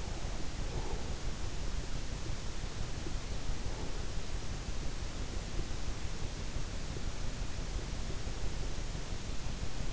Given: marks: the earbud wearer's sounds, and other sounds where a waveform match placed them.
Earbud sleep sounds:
sounds in sleep by an in-ear microphone; breath
0.00-1.36 s: breath

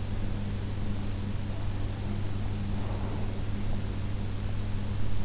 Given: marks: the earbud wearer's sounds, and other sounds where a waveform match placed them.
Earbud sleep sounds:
sounds in sleep by an in-ear microphone; breath
2.81-4.14 s: breath

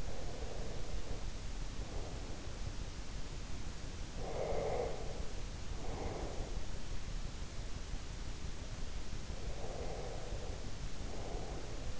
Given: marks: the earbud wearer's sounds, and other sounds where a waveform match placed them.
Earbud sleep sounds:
sounds in sleep by an in-ear microphone; breath
0.00-2.91 s: breath
4.12-6.97 s: breath
9.20-12.00 s: breath

